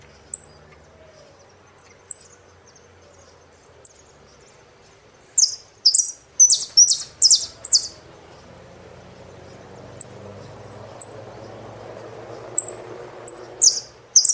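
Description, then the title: Saffron finch song: sparse high chirps, then a burst of loud, sharp, descending notes in quick succession around the middle, followed by more scattered high chirps and a second short burst. "Jilguero Argentino"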